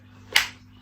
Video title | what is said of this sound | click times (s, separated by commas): NumaticHetty Quick Unboxing And First Impressions | That's so it clicked in. It's got a good click on that. | 0.4 s